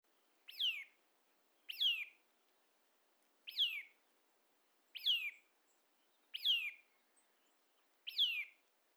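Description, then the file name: Eurasian nuthatch calls, six clear descending notes at somewhat uneven intervals against a quiet background. "Sitta europaea"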